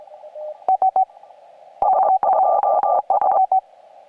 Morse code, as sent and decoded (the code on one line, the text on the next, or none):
... ..--- ...
S2S